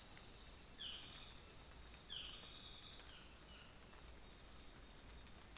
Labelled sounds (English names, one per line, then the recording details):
North Island Saddleback
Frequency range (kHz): North Island Saddleback 1.0-7.1 kHz
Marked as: faintness 3/5
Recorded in New Zealand on 24 December 2018
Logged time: 09:00